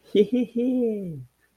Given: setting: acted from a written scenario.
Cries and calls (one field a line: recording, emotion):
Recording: vocal sound without words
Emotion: amusement